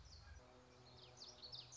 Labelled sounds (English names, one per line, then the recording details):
Common Yellowthroat
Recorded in Sonoma County, California